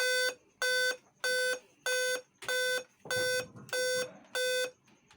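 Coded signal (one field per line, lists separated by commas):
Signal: beep code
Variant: Dell laptop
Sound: eight identical short buzzy beeps at a steady rhythm, about 0.6 seconds apart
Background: faint room noise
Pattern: 8 short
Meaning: Eight beeps on a Dell laptop indicate a display or LCD panel failure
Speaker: ठीक है, 8 बीप आ रहा है और डिस्प्ले नहीं आ रहा है।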